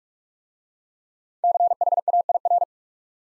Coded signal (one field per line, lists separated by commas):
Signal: Morse code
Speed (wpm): 44 wpm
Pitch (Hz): 700 Hz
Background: none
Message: CHAIR